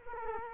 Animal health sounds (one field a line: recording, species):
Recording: mosquito wingbeat signal from an infrared sensor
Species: Culex quinquefasciatus